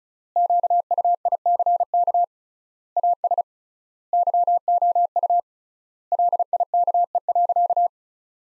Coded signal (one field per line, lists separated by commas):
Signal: Morse code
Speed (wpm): 36 wpm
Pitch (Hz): 700 Hz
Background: none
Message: QUICK AS YOU LIKE.